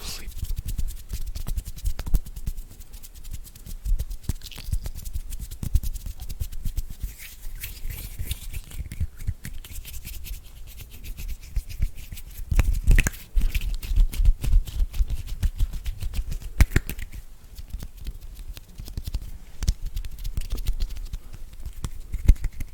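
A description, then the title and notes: Dry hand sounds: dense crackly rubbing and clicks with a soft low rumble, fairly steady, plus sharper snaps near 13 and 17 seconds. ASMR Hand Sounds.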